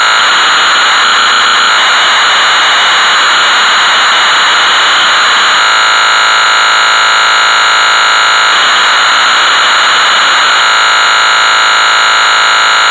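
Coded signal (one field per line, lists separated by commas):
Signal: computer data on cassette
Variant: Amstrad CPC 464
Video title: Hard Hat Mack (1983) - Amstrad CPC 464 (Full Tape Rip / Cassette Load)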